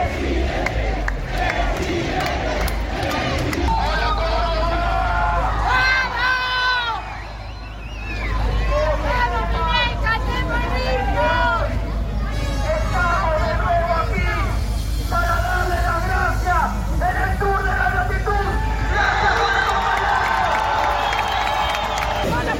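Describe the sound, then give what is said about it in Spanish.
A crowd shouts and cheers in loud, sustained bursts, many voices overlapping in rising, wavering yells, with a brief dip partway through before the roar swells again. “¿Por qué gritaron?”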